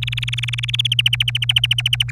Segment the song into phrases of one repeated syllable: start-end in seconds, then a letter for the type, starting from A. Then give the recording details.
0.02-0.87 A, 0.92-2.11 B. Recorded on 27 April 2018 at 06:26. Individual llb3